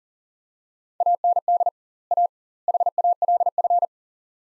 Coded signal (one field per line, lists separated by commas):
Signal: Morse code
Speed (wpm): 40 wpm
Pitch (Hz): 700 Hz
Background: none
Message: AND A HALF